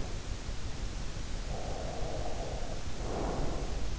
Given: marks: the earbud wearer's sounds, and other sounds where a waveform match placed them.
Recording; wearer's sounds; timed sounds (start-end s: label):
sounds in sleep by an in-ear microphone; breath
1.45-3.92 s: breath